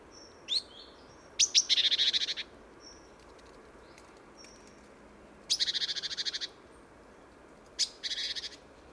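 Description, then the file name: Great tit churring calls: two rasping, buzzy bursts about a second long with thin high whistled notes between them, then a short final rattle. "Parus major"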